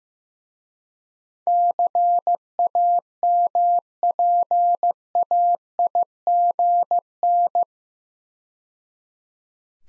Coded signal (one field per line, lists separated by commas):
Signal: Morse code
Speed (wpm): 15 wpm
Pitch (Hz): 700 Hz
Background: none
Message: CAMPAIGN